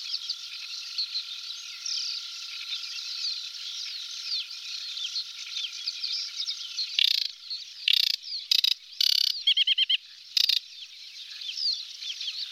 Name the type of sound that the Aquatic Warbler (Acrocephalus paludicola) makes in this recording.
song